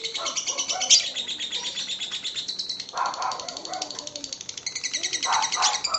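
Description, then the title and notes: Lovebird chattering song, fast and rattling, with lower harsh bursts breaking in now and then. Lovebird ngekek song, described as very long, used as kicau pancingan, a bait song to prompt other lovebirds to sing. "Master Kicau Lovebird ngekek, kicau pancingan"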